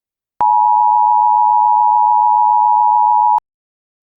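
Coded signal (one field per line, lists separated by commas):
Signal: Emergency Alert System (SAME) tones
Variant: 853 and 960 Hz attention tone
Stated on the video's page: Fictional EAS scenario, analog horror.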